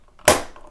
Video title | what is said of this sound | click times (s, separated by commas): myNode: How To Run A Bitcoin Node – Parts, Assembly and Software Installation | we've got the top which goes on this way snaps | 0.3 s